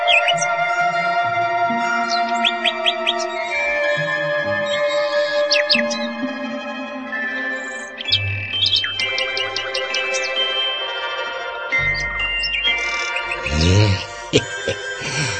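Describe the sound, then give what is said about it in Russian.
A nightingale sings in a forest: a long, unbroken song of clicking trills, rapid chirps and high whistles, shifting through many varied phrases at a strong, steady volume with no voices. “Защелкала и засвистала на множество ладов. Такие волшебные звуки разлились по лесу, что все птицы клювы пораскрывали, заслушались.”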